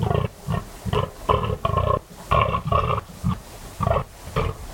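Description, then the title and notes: Fallow deer producing a rapid run of throaty groaning belches, loud and low. Fallow buck during autumn rut, 3am moonless cold still night, West Dorset; staking claim, warning off rivals and guarding his does; guttural bellow echoing through combes and hills. "Sound Escape 38: the eerie and dramatic fallow deer rut on a dark Dorset night. It's 3am on an autumn night in West Dorset. A fallow buck is staking his claim, warning off rivals and guarding his does. A guttural bellow that bursts the quiet and echoes through the combes and hills. BBC Countryfile Magazine. Recorded by Kevin Parr"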